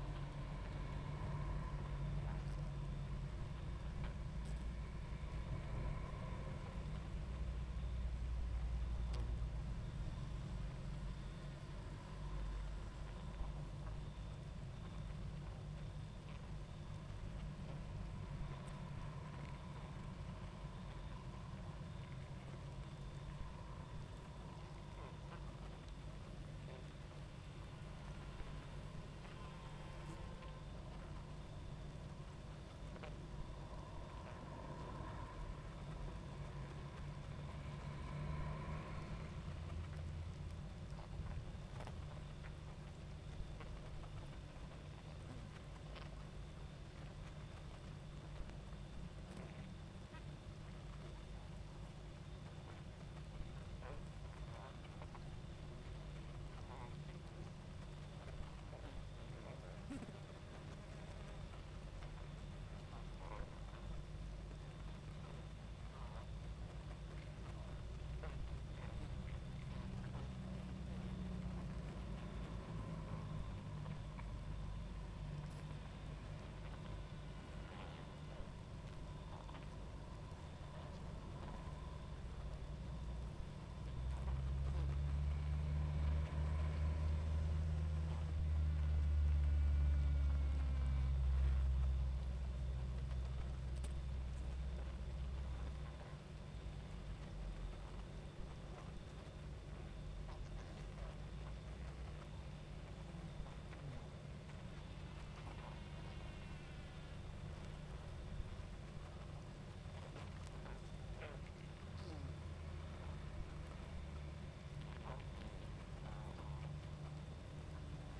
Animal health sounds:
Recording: honeybee colony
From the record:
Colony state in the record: active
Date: 28 July 2017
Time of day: 22:02

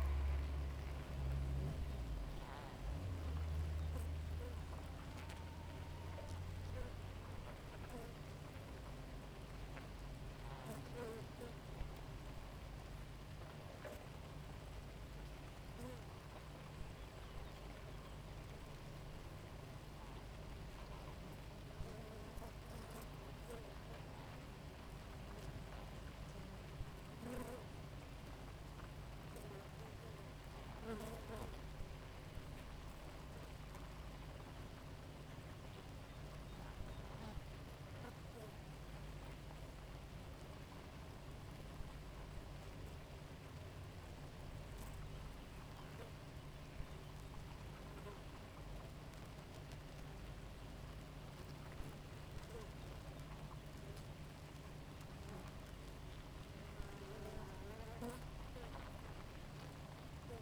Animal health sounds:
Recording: honeybee colony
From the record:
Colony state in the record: active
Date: 28 July 2017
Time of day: 4:03

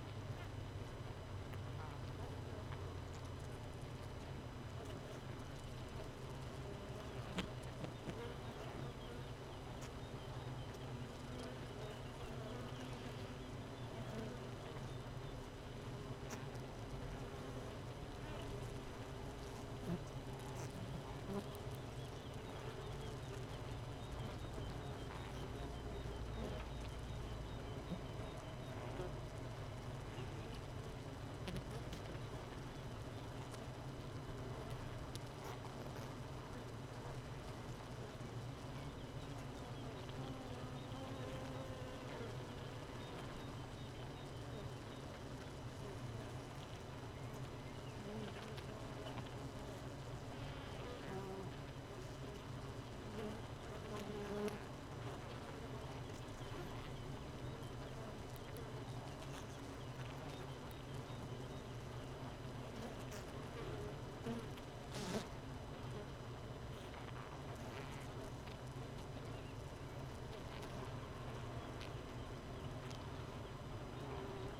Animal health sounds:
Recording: honeybee colony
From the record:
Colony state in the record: missing queen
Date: 31 May 2018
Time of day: 4:46

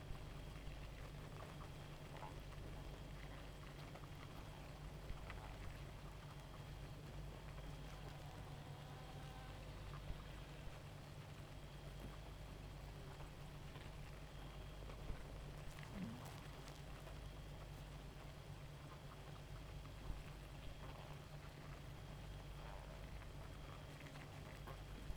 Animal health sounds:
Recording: honeybee colony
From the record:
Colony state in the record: active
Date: 28 July 2017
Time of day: 0:43

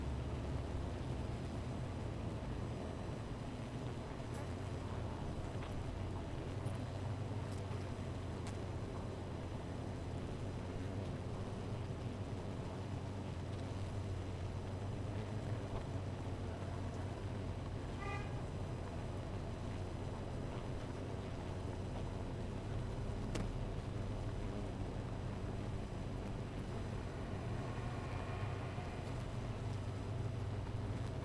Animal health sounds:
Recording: honeybee colony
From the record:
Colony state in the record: missing queen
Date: 14 July 2017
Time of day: 16:10

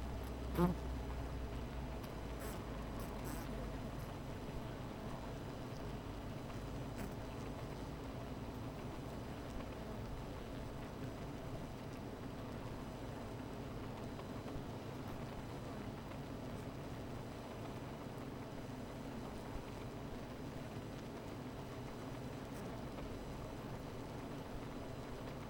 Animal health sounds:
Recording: honeybee colony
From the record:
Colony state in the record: missing queen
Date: 14 July 2017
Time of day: 17:10

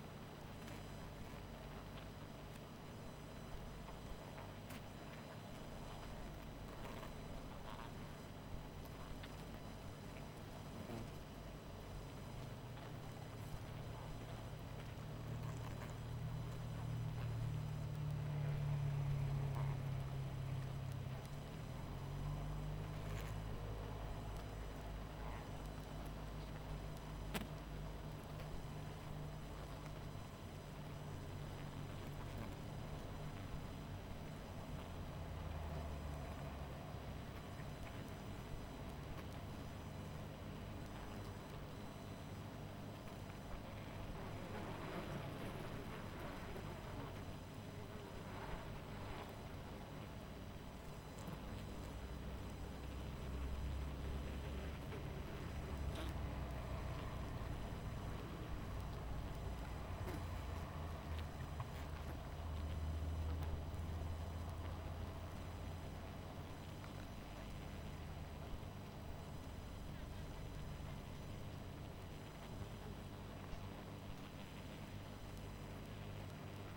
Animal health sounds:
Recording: honeybee colony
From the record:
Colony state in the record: missing queen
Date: 14 July 2017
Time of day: 22:04

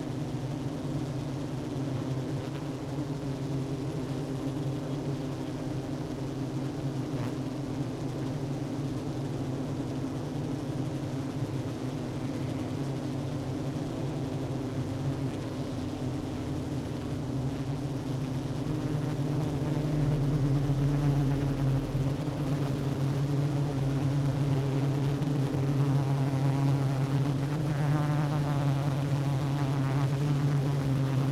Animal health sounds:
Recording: honeybee colony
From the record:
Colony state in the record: active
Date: 12 June 2018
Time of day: 10:33

